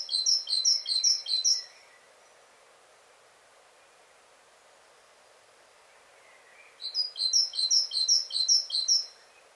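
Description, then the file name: Great tit calling in rapid bursts of sharp, high chirps, one burst at the start, silence for several seconds, then another quick burst. "Parus major"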